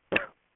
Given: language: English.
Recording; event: throat vibration sensor signal played as sound; cough